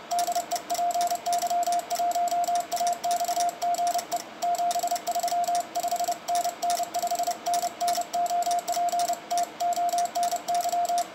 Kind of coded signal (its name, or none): Morse code